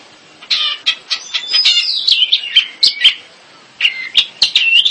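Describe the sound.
Long-tailed shrike song: scratchy chattering notes and a few thin whistles in quick sequence, a short pause, then another burst of harsh chips.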